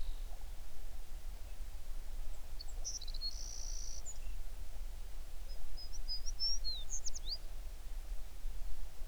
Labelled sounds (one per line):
songbird